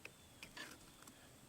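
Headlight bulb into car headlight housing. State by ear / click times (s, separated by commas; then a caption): seated / 0.1 s. A new headlight bulb is pushed into the headlight housing of a Honda Civic until it locks, giving a short, quiet click at 0.1 s. A few fainter ticks and a brief rustle of handling follow around 0.4 s, 0.6 s and 1.0–1.1 s. The bulb is seated.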